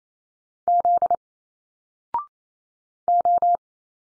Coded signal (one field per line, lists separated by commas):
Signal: Morse code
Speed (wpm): 28 wpm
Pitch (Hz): 700 Hz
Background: none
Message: Z O